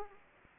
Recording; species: mosquito wingbeat signal from an infrared sensor; Anopheles arabiensis